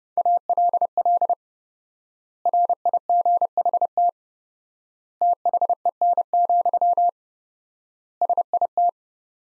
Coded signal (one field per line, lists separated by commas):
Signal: Morse code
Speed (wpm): 30 wpm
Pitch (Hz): 700 Hz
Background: none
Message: ALL RIGHT THEN, SIT